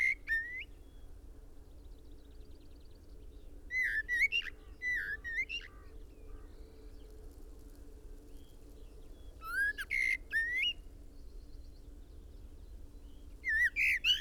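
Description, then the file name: Common blackbird giving several fluted, slurred whistles, each trailing into high twitters, repeated every few seconds against a soft, even background hum. "Turdus merula"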